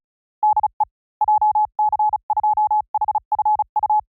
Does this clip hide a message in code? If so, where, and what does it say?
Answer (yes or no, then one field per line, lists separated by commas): yes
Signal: Morse code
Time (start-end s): 0.4-4.0 s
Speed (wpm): 36 wpm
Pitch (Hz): 850 Hz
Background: none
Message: DE JC2HFU